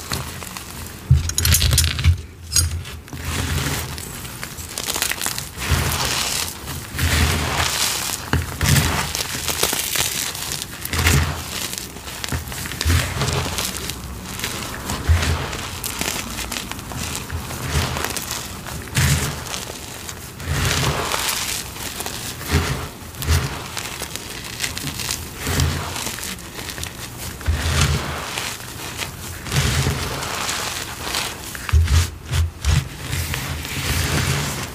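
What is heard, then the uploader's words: Crumbly crushing and scraping of a chalk block, with dense gritty crackles running nearly nonstop. Brief louder crunches and dull thumps come every few seconds, sharper around 2 and 32 seconds. ASMR gym chalk carving, scraping sounds, glitter bomb crushing.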